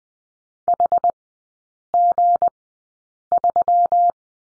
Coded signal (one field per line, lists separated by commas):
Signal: Morse code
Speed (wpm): 20 wpm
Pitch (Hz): 700 Hz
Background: none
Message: HG3